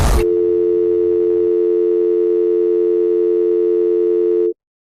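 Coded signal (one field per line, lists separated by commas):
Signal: telephone call progress tone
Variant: North America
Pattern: dial tone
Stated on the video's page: Fictional scenario; not a real alert.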